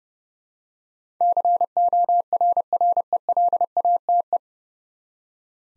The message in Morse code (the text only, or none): CORRELATE